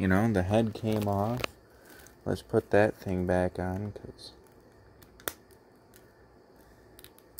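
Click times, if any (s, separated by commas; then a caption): 5.3 s. Someone talks, then the removable plastic head of a poseable wrestling action figure is pushed back onto its neck joint peg after having popped off. Several short plastic clicks follow, the loudest at 5.3 s as the head snaps back on and seats.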